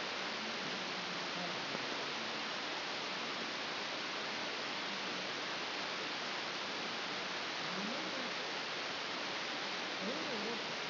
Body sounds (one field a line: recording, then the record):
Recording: brain microelectrode recording played as sound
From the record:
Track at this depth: inside the subthalamic nucleus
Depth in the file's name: 5.513 mm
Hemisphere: left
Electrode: 2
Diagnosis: Parkinson's disease